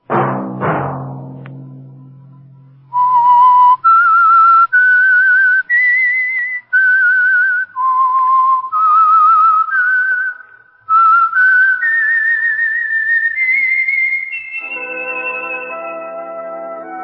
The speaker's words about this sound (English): Let that whistle be your signal for the Signal Oil program, The Whistler.